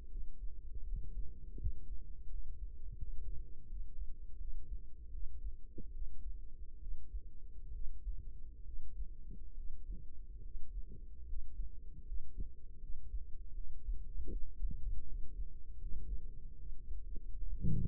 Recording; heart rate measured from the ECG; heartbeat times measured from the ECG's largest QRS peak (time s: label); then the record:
heart sounds by microphone in the right ear; 76 bpm
0.07 s: heartbeat
0.82 s: heartbeat
1.56 s: heartbeat
2.27 s: heartbeat
2.96 s: heartbeat
3.66 s: heartbeat
4.36 s: heartbeat
5.09 s: heartbeat
5.91 s: heartbeat
6.78 s: heartbeat
7.70 s: heartbeat
8.62 s: heartbeat
9.53 s: heartbeat
10.41 s: heartbeat
11.24 s: heartbeat
12.03 s: heartbeat
12.78 s: heartbeat
13.52 s: heartbeat
14.28 s: heartbeat
15.03 s: heartbeat
15.77 s: heartbeat
16.55 s: heartbeat
17.36 s: heartbeat
From the record:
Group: healthy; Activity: rest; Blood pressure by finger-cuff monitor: 173/112 mmHg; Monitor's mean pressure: 129 mmHg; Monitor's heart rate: 78 bpm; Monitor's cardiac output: 5.3 L/min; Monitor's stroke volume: 69 mL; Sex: male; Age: 35 years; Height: 178 cm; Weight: 64 kg